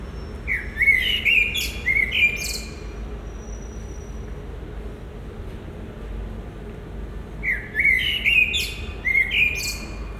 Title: Marolles, 1000 Bruxelles, Belgique - Résidence Sainte-Gertrude - Merle - Blackbird